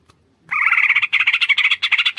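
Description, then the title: Greater green leafbird giving a loud, harsh, buzzy chatter of rapid pulses that starts abruptly after a brief silence, with short breaks. Bird-training masteran and pancingan (lure) recording of a gacor (vigorously singing) bird. "Masteran & Pancingan Cucak Ijo Gacor"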